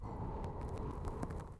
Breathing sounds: one breath near a microphone; exhalation

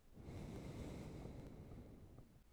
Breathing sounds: one breath near a microphone; exhalation

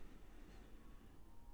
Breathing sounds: one breath near a microphone; inhalation

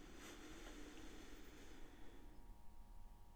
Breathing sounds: one breath near a microphone; inhalation

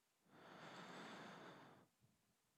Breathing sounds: one breath near a microphone; inhalation

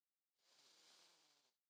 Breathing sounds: one breath near a microphone; inhalation

